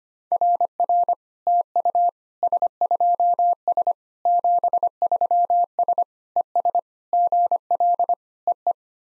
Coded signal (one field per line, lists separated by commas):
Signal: Morse code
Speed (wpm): 25 wpm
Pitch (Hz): 700 Hz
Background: none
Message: RR TU S2S 73S ES GL EE